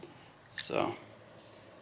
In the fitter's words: and then you'll hear them click in that's a good sign